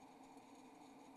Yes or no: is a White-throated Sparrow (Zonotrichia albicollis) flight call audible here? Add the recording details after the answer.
no. No flight call is heard. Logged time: 02:22 on 28 November 2014